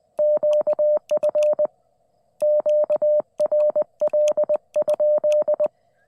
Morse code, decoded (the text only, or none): QF QRL?